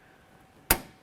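A second wiring harness connector is pushed onto the tailgate lock actuator switch of a 2006-10 Ford Explorer, lined up by its tabs on the passenger side of the switch. After quiet handling, a single sharp click sounds at 0.7 s as the connector seats.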